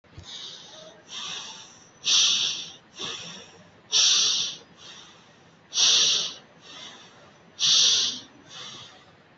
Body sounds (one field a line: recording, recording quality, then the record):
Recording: shallow breathing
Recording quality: excellent, no background noise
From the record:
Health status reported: recovered from COVID-19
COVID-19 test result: negative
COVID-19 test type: RT-PCR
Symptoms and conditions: cough, cold, breathing difficulty, asthma, chronic lung disease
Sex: male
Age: 37 years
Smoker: yes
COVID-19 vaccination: both doses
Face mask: not worn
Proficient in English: no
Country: India